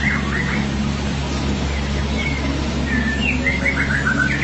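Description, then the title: Magpie-robin or shama singing clear whistled phrases, some wavering, others sliding up or down, separated by short gaps, with a constant low mechanical hum underneath. "BM Suara Burung Murai"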